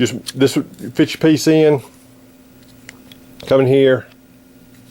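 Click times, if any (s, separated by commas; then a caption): none. Someone talks while handling a plastic extension piece for a large-scale Bachmann model log car, bringing it to the car's frame. Two faint short ticks are heard at about 2.9 and 3.1 seconds during a quiet pause before more talk. Nothing has seated or clicked into place yet.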